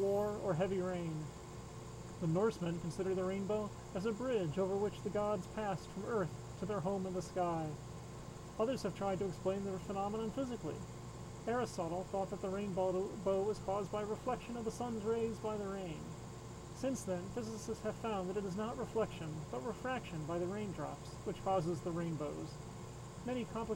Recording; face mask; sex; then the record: reading aloud; surgical mask; male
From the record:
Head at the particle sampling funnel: turned sideways, cheek in front of it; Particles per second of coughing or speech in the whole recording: 0.0482